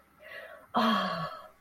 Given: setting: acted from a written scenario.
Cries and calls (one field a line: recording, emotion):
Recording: vocal sound without words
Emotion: relief